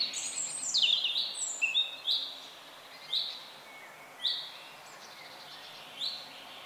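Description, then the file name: Eurasian wren: a brief burst of high twittering notes, then short high downslurred notes spaced well apart, over a steady background hiss. "Troglodytes troglodytes"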